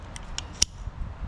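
Someone presses the unlock button on a Flora Guard 8-inch folding pruning saw and swings the steel blade open. Two faint ticks come at about 0.2 s and 0.4 s, then a sharp snap at 0.6 s as the blade locks open into its handle lock. The blade is confirmed seated in the open position.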